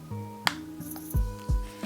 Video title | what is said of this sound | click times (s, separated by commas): PMD Pro Demo | just basically take the disc and you pop it in and you'll hear like a little click which | 0.5 s